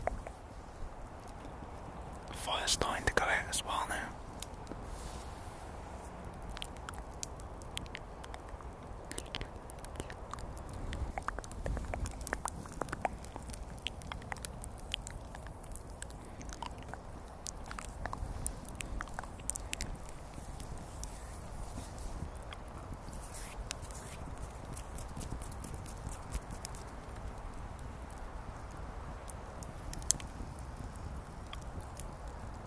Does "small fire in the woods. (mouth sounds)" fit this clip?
yes